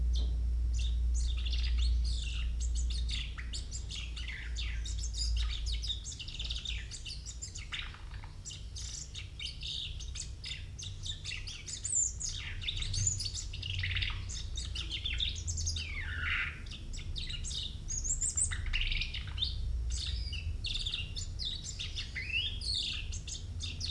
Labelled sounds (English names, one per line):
Common Chaffinch